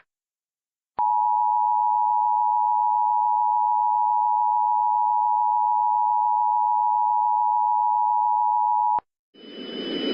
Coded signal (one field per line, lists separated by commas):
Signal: Emergency Alert System (SAME) tones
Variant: 853 and 960 Hz attention tone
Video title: EAS Scenario #4: Palo Verde